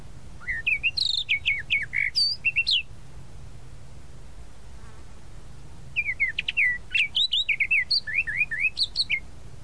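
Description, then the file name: Tropical mockingbird singing two bursts of varied whistles, chirps and slurred notes, separated by a few seconds of quiet. "Canto-do-Sabiá-da-Praia"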